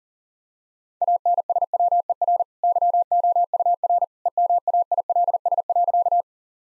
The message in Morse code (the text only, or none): ANSWER YOUR EMAILS.